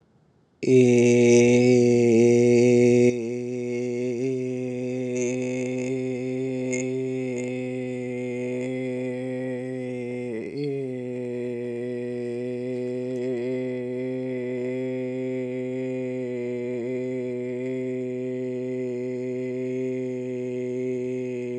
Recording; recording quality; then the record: sustained vowel as in made; excellent, no background noise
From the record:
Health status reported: healthy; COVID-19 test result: negative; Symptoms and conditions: cough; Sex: male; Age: 22 years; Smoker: not ticked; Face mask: not worn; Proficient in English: yes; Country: India